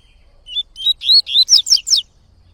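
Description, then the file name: Coleiro-baiano delivering one lively phrase of about six whistled notes, sliding upward and growing higher and more twittering toward the end. Singing a lot; tui-tui song style. "Coleiro Baiano Cantando Muito Canto Tui Tui"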